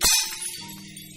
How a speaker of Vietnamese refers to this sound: Một âm thanh xoảng đổ vỡ lớn bên trong nhà. Cả hai nhìn nhau rồi hoảng sợ chạy vào trong, nhìn giáo giác xem mẹ ở nơi nào, cái gì bị vỡ. Căn nhà trống không, chẳng nhìn thấy mẹ đâu. Chỉ có cái siêu sắc thuốc bị bỡ tan tành trên đất.